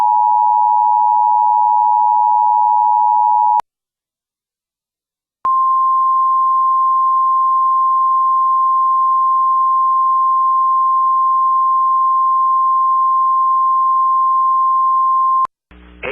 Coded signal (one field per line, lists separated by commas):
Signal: Emergency Alert System (SAME) tones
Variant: 853 and 960 Hz attention tone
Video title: EAS High Wind Warning for eastern IA.